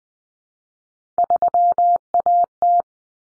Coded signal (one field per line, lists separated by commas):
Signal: Morse code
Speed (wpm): 20 wpm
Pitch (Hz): 700 Hz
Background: none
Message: 3AT